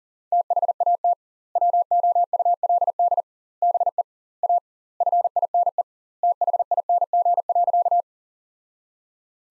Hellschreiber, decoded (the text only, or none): none